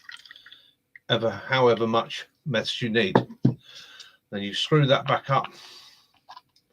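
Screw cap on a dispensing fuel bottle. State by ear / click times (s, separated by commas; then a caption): not seated / none. Someone talks while screwing the cap back onto a measuring fuel bottle used for meths or alcohol, a cap meant to lock in place so the fuel can't leak out. A few faint ticks and short sharp handling sounds come between the words. The clip ends before the cap goes home; nothing has seated or clicked yet.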